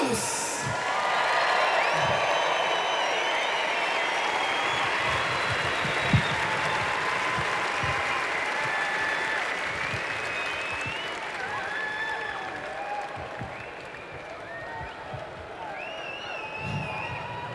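A large crowd at a live concert in the Lanxess Arena in Cologne applauds and cheers without pause. A dense wash of clapping carries scattered whistles and shouts on top, staying loud throughout and easing off only slightly toward the end.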